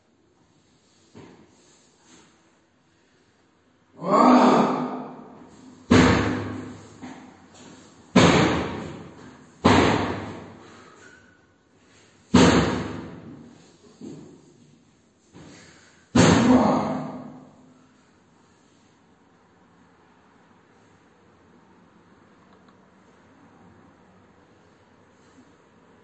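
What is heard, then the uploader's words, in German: A tenant kicks at his apartment door: seven heavy, booming thuds land between about four and sixteen seconds, each ringing briefly before the next. A few faint knocks come first, and after the last blow only a low, quiet room hum remains. Mieter tritt im besoffenen Kopf seine Wohnungstür ein.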